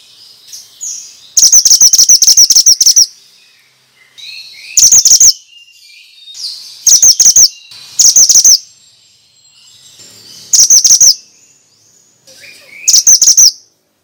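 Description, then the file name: Bird giving loud, fast runs of shrill chirps in short bursts, with quieter warbled notes filling the gaps between them. Lure recording meant to stimulate stressed birds; sound type called mantenan. "Pancingan Ampuh Burung Stress Suara Mantenan"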